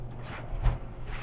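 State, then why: Not seated. The plastic top track of a fabric-covered Wallmate acoustic wall panel is pushed down into its mounting channel, working from one side. Soft, low handling rumble and scuffing swell briefly around 0.7 s with no sharp click. Nothing has seated or snapped into place yet.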